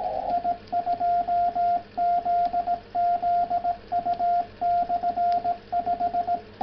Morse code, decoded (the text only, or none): I2ZZU/5